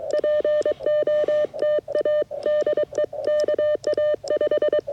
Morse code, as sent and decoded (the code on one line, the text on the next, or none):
.--. --- - .- / -.. . / -.- .- .....
POTA DE KA5